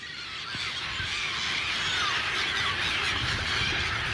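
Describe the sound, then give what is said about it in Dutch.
A dense chorus of gulls calling on a small dike near Almere, Netherlands, many high squealing cries overlapping into a continuous, loud racket with no pauses and no voices. “Jij zit hier helemaal te genieten van al die meeuwen.”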